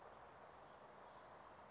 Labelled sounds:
Brown Creeper (Certhia americana)
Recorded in Sonoma County, California

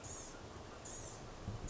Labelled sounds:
Blue-gray Gnatcatcher (Polioptila caerulea)
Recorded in Sonoma County, California

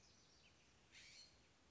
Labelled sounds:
California Scrub-Jay (Aphelocoma californica)
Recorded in Sonoma County, California

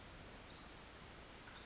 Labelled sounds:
Pacific Wren (Troglodytes pacificus)
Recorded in Sonoma County, California

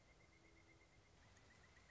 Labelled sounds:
Pileated Woodpecker (Dryocopus pileatus)
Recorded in Sonoma County, California

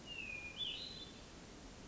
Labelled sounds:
Hermit Thrush (Catharus guttatus)
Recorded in Sonoma County, California

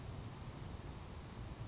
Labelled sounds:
California Towhee (Melozone crissalis)
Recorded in Sonoma County, California

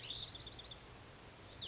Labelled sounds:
Cassin's Vireo (Vireo cassinii)
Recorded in Sonoma County, California

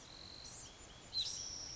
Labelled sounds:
Blue-gray Gnatcatcher (Polioptila caerulea)
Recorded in Sonoma County, California

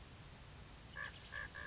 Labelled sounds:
California Towhee (Melozone crissalis)
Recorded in Sonoma County, California

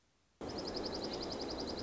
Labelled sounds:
Dark-eyed Junco (Junco hyemalis)
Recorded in Sonoma County, California

